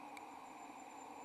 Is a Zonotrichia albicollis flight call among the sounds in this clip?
no